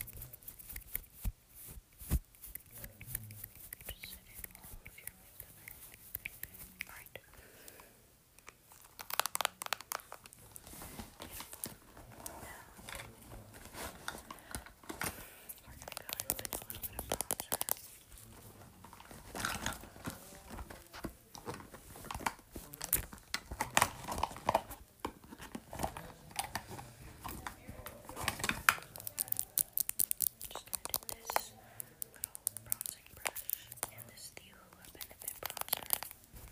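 Quiet makeup sounds: dense crinkling, tapping and soft scratching clicks, like packaging and brushes handled. The activity is constant with brief louder bursts around 9, 17 and 29 seconds, over a low, faint background.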